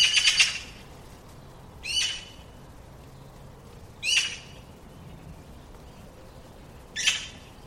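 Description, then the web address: Bird repeating a harsh, hoarse screech, each burst under a second long, four times at intervals of roughly two to three seconds, with faint background hiss. "cianscape birddata Deverinetal"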